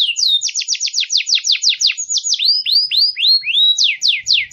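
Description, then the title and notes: Songbird song: fast series of loud downslurred whistled notes, then rising swept notes, repeated steadily without pause. Complete masteran songbird song compilation intended for training songbirds. "Master Burung Kicau. Masteran Burung Kicau Lengkap"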